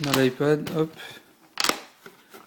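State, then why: Seated. Someone talks as a rigid carbon-look plastic PadSnap Carbon protective case is pressed onto an iPad corner by corner. Two short, sharp snaps at 1.6 s and 1.7 s mark the edges locking. The case clips on and is seated, followed by a few fainter ticks.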